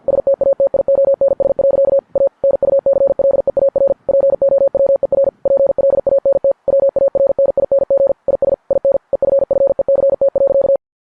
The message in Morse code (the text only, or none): STATIONS. A NUCLEAR POWER PLANT WARNING IS IN EFFECT.